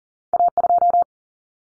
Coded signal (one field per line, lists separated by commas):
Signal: Morse code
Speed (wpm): 40 wpm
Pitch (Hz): 700 Hz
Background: none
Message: A2